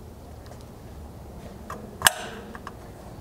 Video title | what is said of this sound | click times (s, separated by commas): JL Wrangler Crusader Rock Slider Install | up down at each hole location and they'll simply slide on and kind of snap into place | 2.1 s